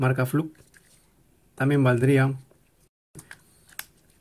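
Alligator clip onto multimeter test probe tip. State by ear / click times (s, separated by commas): seated / 3.8 s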